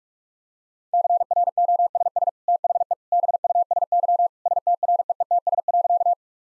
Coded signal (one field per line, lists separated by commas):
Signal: Morse code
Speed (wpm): 46 wpm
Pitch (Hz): 700 Hz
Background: none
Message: CROSS THE BUSY STREETS.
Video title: Easy Sentences with Hints - 45wpm